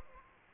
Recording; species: mosquito wingbeat signal from an infrared sensor; Aedes aegypti